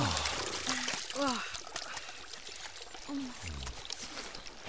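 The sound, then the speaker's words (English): Water from a small fountain bubbling out of a mossy cliff at the bottom of a valley bubbles and trickles steadily in a continuous splashing wash, with a few brief tonal, voice-like sweeps rising above the flow. “By the time he'd finished, they'd come to the bottom of the valley, and there they found a mossy cliff with a little fountain bubbling out of it. All three stopped and drank and splashed their hot faces.”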